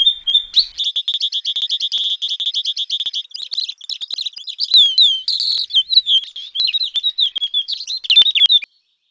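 Bird singing: a rapid high trill of repeated chirps opens, followed by a varied string of sharp, high-pitched twittering notes and slurred whistles.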